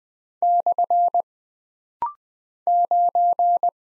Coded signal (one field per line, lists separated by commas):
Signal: Morse code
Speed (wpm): 20 wpm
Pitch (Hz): 700 Hz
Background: none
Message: / 9